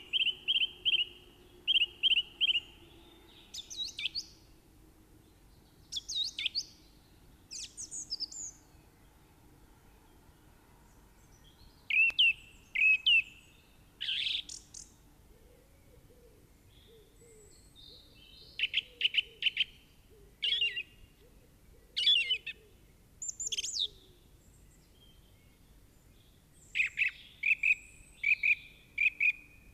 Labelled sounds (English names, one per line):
Song Thrush song